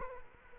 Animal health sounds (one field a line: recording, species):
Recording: mosquito wingbeat signal from an infrared sensor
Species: Culex quinquefasciatus